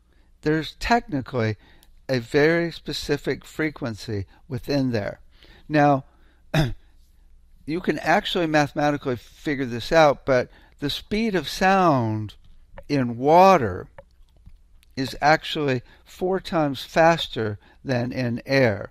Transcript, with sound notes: There's technically a very specific frequency within there. Now, (clears throat) you can actually mathematically f-figure this out, but the speed of sound in water...... is actually four times faster than in air,